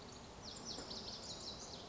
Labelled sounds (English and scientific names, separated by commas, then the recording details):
Lazuli Bunting (Passerina amoena)
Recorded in Sonoma County, California